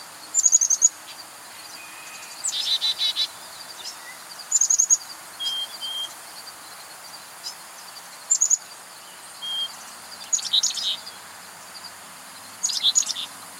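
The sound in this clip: Bird song of varied high chirps, short trills and brief whistles in scattered bursts, with a soft background hiss.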